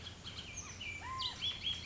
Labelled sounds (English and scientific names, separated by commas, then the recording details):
Bullock's Oriole (Icterus bullockii)
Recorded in Sonoma County, California